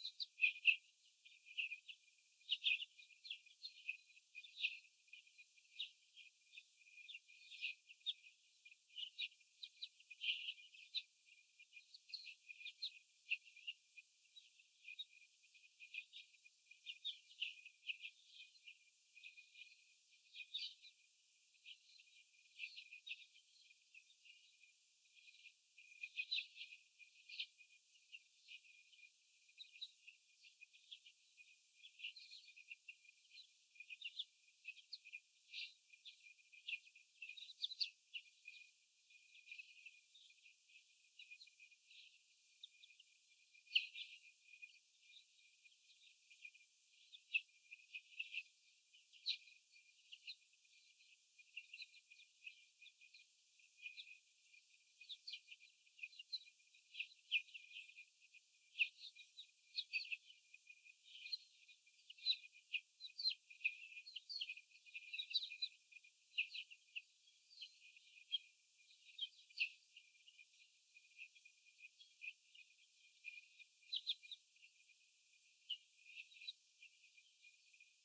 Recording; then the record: young laying hens in a cage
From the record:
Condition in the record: after the stressor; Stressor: sudden umbrella opening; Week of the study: 3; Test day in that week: 2